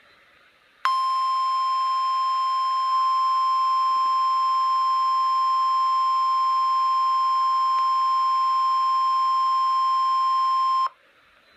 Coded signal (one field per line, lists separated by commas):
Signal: Emergency Alert System (SAME) tones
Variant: 1050 Hz attention tone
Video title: Flash Flood Watch [EAS #270] 6/14/15